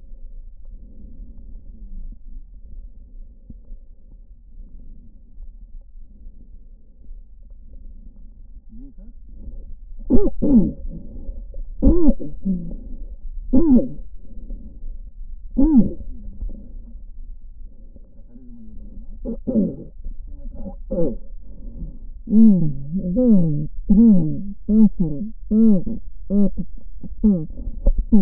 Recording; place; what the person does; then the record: lung sounds by stethoscope; right posterior apical chest; quiet breathing, then cough and speech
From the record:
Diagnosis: interstitial lung disease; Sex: female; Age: 72 years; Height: 153 cm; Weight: 71 kg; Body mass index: 30.3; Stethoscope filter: diaphragm mode